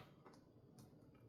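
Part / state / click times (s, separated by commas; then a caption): plastic snap-in parts into a toy helicopter body / not seated / none. Plastic snap-in parts are pressed into their sockets on the body of a G.I. Joe Classified Dragonfly toy helicopter, and several small taps are heard. The parts are on, but nothing has clicked, which is worrying because a click was expected.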